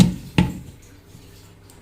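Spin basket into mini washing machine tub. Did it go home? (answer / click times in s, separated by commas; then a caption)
yes / 0.4 s. A removable plastic spin basket is lowered into a 7 kg mini washing machine tub, lined up with its lock and pressed down a little. A sharp hit at 0.4 s marks it seating and locking into place, followed by a much fainter tap at 1.7 s.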